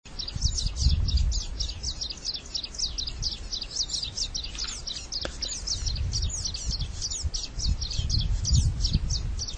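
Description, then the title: Long-tailed reed finch singing a continuous, rapid twitter of high chirps and trills throughout, with low rumbling background noise underneath. "LuckyPassaro Completos2Sama. Long-tailed Reed Finch (Donacospiza albifrons)"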